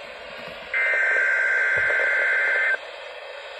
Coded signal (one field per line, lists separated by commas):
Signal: Emergency Alert System (SAME) tones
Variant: header bursts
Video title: EAS 81: RWT for the week July 11, 2021